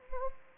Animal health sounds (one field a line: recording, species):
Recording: mosquito wingbeat signal from an infrared sensor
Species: Anopheles gambiae